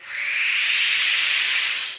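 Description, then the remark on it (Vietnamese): A cat's hissing cry: a harsh, breathy, high-pitched hiss held steady for about two seconds at fairly loud level, with no voices around it. “Vừa nhìn thấy chú Thuấn mở tấm di đô là con mèo bất giác ngẩng mặt lên nhìn về phía của chú kêu lên một tiếng.”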